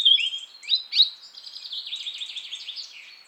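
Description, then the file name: European robin song: a few clear sliding whistled notes, then a long, softer, rippling trill of quick high notes that slowly fades. "Erithacus rubecula"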